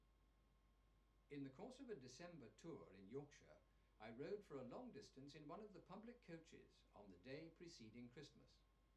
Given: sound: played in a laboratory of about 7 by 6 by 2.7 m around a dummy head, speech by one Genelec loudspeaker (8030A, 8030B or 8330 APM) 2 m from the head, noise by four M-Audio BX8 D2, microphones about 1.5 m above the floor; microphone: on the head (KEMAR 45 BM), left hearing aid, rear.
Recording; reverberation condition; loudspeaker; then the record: male speech in English; low; in front (0 degrees)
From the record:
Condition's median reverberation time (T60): about 310 ms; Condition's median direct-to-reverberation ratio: about 3.5 dB